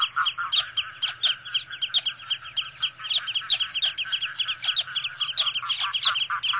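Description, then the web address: Red-throated loon cackling: dense, overlapping quacking calls repeated quickly and continuously, sounding like several birds calling together. Recorded on Sakhalin and the Kuril Islands. "priroda sakhalina i kuril. Gavia stellata"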